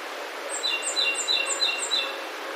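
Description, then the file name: Japanese robin song: five high, bright notes in quick even succession, each paired with a lower tone, against a steady background hiss. "akahige"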